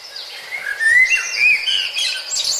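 A blackbird sings a flowing run of clear, fluted whistles and warbles, rising and falling in pitch over a steady moderate level, with no voices.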